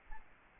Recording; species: mosquito wingbeat signal from an infrared sensor; Aedes albopictus